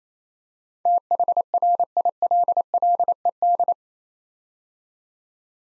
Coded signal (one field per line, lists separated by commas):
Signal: Morse code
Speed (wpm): 28 wpm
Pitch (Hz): 700 Hz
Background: none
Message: THRILLED